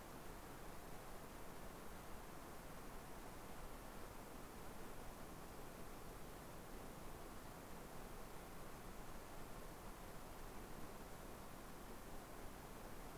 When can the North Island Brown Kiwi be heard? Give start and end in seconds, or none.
none